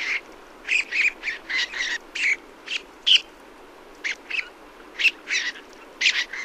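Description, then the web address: Rock sandpiper giving short, harsh, raspy notes, mostly single with some paired, repeated at uneven intervals. "Songs of Birds of North America Stokes. Rock Sandpiper"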